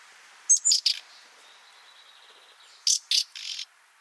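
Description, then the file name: Common nightingale calls: a brief high whistle, then rasping clicks in two groups about two seconds apart, with a faint steady tone between. "Luscinia megarhynchos"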